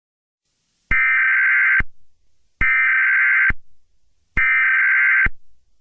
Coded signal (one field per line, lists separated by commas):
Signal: Emergency Alert System (SAME) tones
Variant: header bursts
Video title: EAS SCENARIO 7| Slenderman